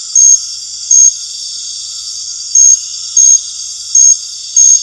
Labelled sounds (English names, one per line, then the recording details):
none
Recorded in dense forest near Puerto Asís, Putumayo, Colombia, on 12 March 2025 at 20:00
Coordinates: 0.484, -76.317
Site G064